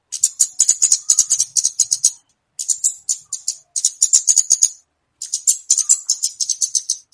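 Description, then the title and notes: Flowerpecker song: dense, very high ticking chatter delivered in three long rapid bursts with brief silent breaks. Lure song (pikat) used to attract flowerpeckers. "Kicau Pancing Burung Kemade ( Cabe Cabean). Suara Burung Cabe Cabean Pikat"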